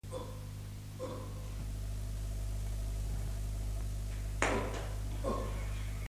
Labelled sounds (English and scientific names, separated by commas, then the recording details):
Chimpanzee (Pan troglodytes)
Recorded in captivity
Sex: female
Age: juvenile
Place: Tierpark Berlin, Berlin, DE
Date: 1958-03-20
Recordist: unbekannt, keine Angabe
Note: "Kitty" (ca. 2 Jahre alt): Begrüßungslaute (u), der Wärter neigt sich zu ihr